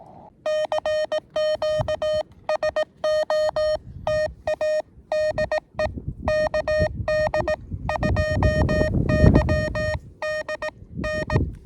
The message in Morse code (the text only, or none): CQ SOTA DE KD2YDN